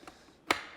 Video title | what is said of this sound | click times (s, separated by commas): How to Install Your Range Extender Kit on the Priority Current | you'll hear a nice click when it's fully installed | 0.5 s